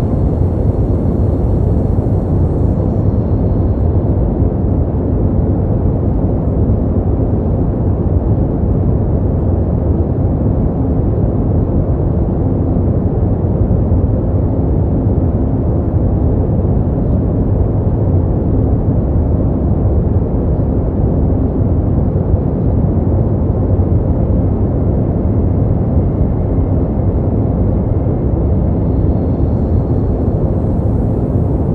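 Pink noise fills the whole stretch as a dense, steady rumble, heaviest and loudest in the low range and thinning out toward the top. The level holds constant throughout, with a faint high hiss appearing only briefly at the very start and end.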